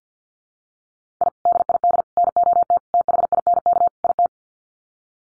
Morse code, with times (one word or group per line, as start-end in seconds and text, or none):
1.2-1.3 I
1.5-2.0 DID
2.2-2.8 NOT
2.9-3.9 THINK
4.0-4.3 IT